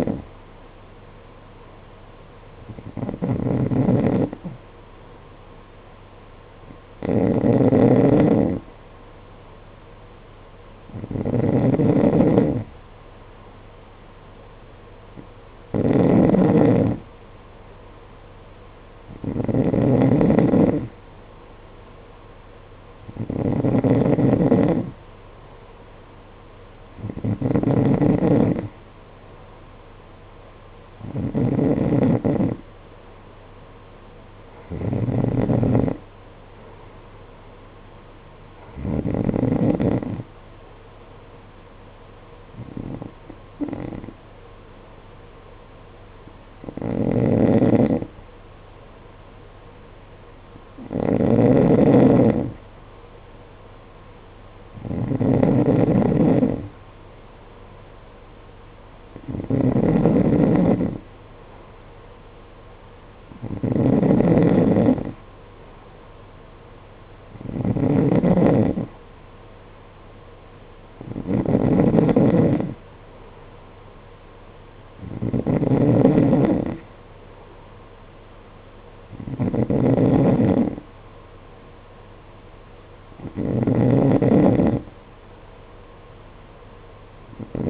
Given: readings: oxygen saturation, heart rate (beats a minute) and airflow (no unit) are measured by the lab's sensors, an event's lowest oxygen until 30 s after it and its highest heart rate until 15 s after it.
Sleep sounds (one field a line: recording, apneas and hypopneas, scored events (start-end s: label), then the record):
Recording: breathing in sleep by a voice recorder at the bedside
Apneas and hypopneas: none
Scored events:
51.00-81.00 s: new sleep stage, N2 (light sleep)
81.00-87.70 s: new sleep stage, N3 (deep sleep)
From the record:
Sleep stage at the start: N3 (deep sleep)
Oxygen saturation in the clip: 91 to 93%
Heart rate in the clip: 53 to 58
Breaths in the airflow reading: 22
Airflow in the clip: -7.3 to 6.3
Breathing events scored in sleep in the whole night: 476 in 9.7 hours asleep